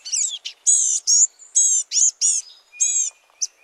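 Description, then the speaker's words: Blue-gray Gnatcatcher scolding calls: a rapid series of thin, buzzy, nasal high notes in short bursts, some wheezy and slurred, with brief pauses between. Tiny songbirds giving scolding calls while foraging in the forest canopy. "The tiny songbirds make a scolding call as they forage in the forest canopy."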